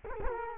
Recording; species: mosquito wingbeat signal from an infrared sensor; Culex quinquefasciatus